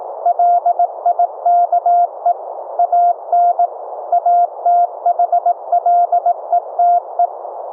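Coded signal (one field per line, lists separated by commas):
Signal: Morse code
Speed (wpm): 17 wpm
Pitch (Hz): 700 Hz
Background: none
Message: LIKE AN ATHLETE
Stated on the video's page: Live CW audio tones sent from a software keyboard over FRS radios, heard from a second FRS receiver through a software bandpass filter.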